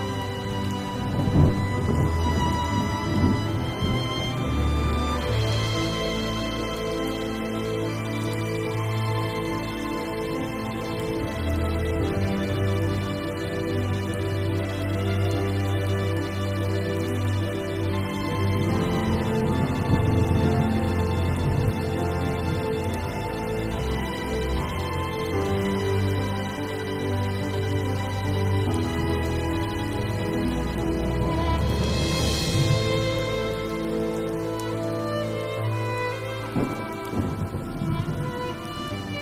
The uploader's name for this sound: original sound tracks with rain